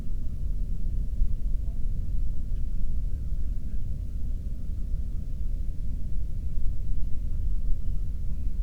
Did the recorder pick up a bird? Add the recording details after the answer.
no. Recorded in the Prudhoe Bay oil fields, Alaska, on 13 June 2019 at 00:30. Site 30